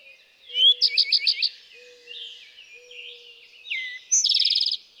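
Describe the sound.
Eastern towhee song: a dropping slurred note leading into a quick, even high trill near the end, after a separate five-note phrase, with softer chirps around.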